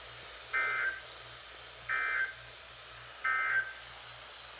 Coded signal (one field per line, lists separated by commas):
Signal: Emergency Alert System (SAME) tones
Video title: Sterlings Flood Spam! (8/4/22) (EAS #338-342) (BONUSES! Mini House Tour + New Outro!)